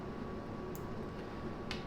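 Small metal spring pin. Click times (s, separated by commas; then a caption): 1.7 s. A spring-loaded quick-release strap end is pushed down into the lug slot of a Hublot Big Bang watch case against a steady low background. A faint tick at 0.8 s precedes a sharper click at 1.7 s as the strap end locks into the lug and seats.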